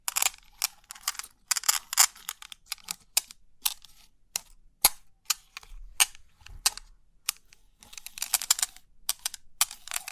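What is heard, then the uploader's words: Crisp ticking and clicking of 3D pin art, its many metal pins sliding and tapping in quick bursts. The sound is bright and sharp with almost no low end, arriving in irregular clusters of clicks with brief quiet gaps, and busier rattling near the end. Crisp 3D Pin Art Tingles(No Talking).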